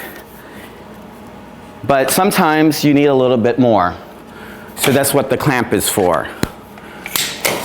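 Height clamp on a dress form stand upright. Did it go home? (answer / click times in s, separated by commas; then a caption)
yes / 7.2 s, 7.5 s. Someone talks, then the upright of a dress form stand is lowered to the wanted height and its height clamp lever is closed. A softer sliding sound comes just before sharp mechanical clicks at 7.2 s and 7.5 s as the clamp locks into place.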